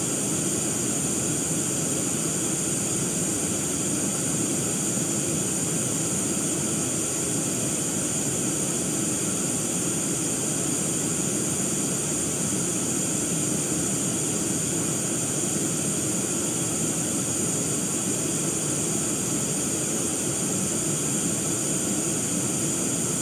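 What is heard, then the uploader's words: Gray noise plays as a steady, unbroken hiss, dense from low rumble to high sizzle, like a constant jet roar. ASMR Gray Noise.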